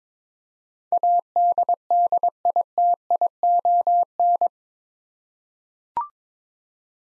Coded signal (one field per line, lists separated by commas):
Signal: Morse code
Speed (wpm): 22 wpm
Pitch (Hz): 700 Hz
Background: none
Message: ADDITION